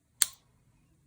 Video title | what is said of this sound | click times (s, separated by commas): The State of My Planner: 2020 Recap | So that's a very satisfying click for me. | 0.2 s